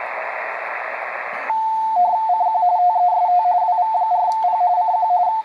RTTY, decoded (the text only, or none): CQ TEST WV4P CQ